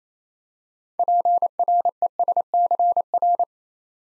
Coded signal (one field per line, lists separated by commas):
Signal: Morse code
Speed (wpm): 27 wpm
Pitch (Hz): 700 Hz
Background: none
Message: PRESCR